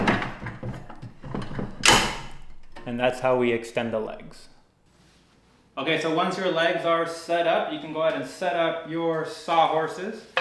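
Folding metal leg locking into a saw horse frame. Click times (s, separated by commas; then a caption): 0.1 s. The metal folding leg of an Evolution EVOSH1 folding saw horse is lifted after its locking tab is pressed and locks open into the frame with a sharp click at 0.1 s. A few lighter knocks follow, then someone talks.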